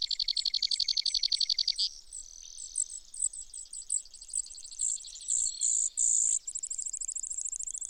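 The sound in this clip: Brewer's sparrow singing a fast trill, then a jumble of varied chips and buzzes, closing with another even high trill.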